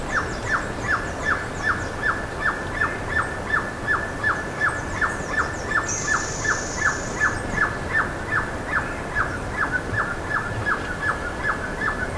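Bird calls: clipped, sharp notes repeated at a quick, regular pace of nearly three a second, with a brief high hiss partway through.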